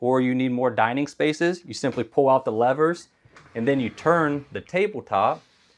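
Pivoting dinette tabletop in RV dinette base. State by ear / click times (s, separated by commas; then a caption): not seated / none. A man talks while the levers on the pivoting dinette tabletop of a 2021 Fleetwood Discovery LXE 36HQ RV are pulled out and the tabletop is turned in its dinette base. The clip ends before the tabletop locks into its dining position, so nothing has seated or clicked yet.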